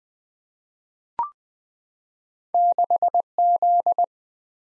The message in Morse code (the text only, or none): 6Z